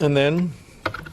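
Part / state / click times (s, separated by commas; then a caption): plastic cover or retainer clip onto a vehicle engine component / seated / 0.9 s. Someone talks, then a plastic cover or retainer clip is pressed back onto a vehicle engine component after the electrical connector is reattached. It snaps into place with a sharp click at 0.9 s, followed by a few lighter clicks. The part is seated.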